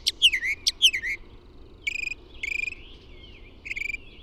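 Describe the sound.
Bird song: sharp, high whistled notes sweeping downward, a pause, then short bursts of rapid, repeated high notes.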